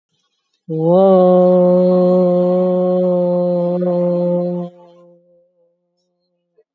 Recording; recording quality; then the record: sustained vowel as in boot; excellent, no background noise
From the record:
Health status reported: COVID-19 positive, moderate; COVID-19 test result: positive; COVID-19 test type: RT-PCR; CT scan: taken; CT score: 5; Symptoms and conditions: cough, cold, breathing difficulty, fever, fatigue, muscle pain, loss of smell and taste, diarrhoea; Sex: female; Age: 65 years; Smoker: no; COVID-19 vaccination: one dose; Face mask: worn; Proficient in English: yes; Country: India